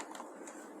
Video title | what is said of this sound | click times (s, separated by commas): How to setup PS2 in TV in Tamil - Sony Play Station - nammaoorulocalguide - PS2 setup in TV | ஆரோ மார்க்க base பண்ணி ஒரு அம் அம்ங்க lock ஆயிக்கும் இப்படி நல்லா போய் லாக் ஆகிடும் | 0.1 s, 0.5 s